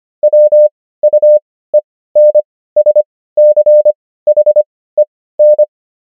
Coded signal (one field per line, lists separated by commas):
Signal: Morse code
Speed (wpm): 25 wpm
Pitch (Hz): 600 Hz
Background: none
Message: WUENSCHEN